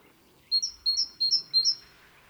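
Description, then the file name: Great tit giving four repeated two-note whistled phrases, lower then higher. "Parus major"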